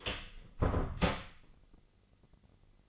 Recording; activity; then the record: daily activity, microphone in the room; close door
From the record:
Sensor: 4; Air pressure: 996.9 hPa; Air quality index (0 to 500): 61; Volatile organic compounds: 2 ppm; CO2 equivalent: 1095 ppm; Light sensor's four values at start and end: 18/42/17/17 and 19/43/17/18